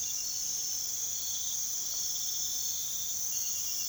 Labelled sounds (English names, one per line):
none